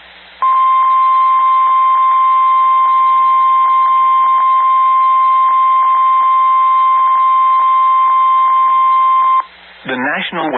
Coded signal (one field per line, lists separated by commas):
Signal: Emergency Alert System (SAME) tones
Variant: 1050 Hz attention tone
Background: speech